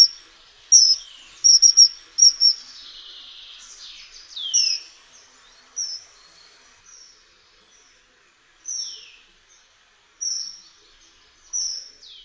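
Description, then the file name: Common kingfisher giving shrill, high whistled calls, some in quick doubled bursts, others sharply falling, spaced every second or two over near silence. "ZIMORODEK"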